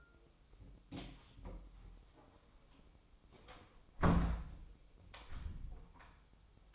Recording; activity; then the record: daily activity, microphone in the room; close door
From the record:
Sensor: 1